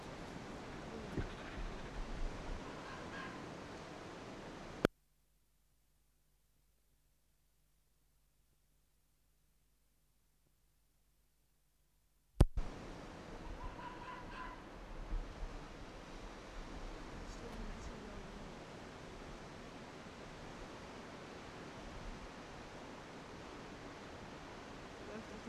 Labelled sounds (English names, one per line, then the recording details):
Arctic Fox
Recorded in the wild
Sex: diverse
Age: diverse
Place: Insel Mednyi, Kommandeur-Inseln, RU
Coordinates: 54.5167, 168.083
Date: 1999-07-21 16:33
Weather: oberhalb 100 m Nebel, 10,4°C, Ostwind
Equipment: Sony WM-D6C, Sennheiser MKH 70, Windkorb, Kopie Tascam DA 30
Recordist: Frommolt, Karl-Heinz